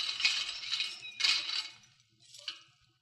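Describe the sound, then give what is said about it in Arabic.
The keys of a palace jingle as they are handed over, in a few bright metallic bursts, a longer rattle at first, another shake, then a single short clink before it falls quiet. No voices. “خلاص اتفضل، ادي مفاتيح القصر.”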